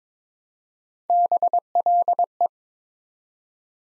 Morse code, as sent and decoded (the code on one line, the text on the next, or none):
-... .-.. .
BLE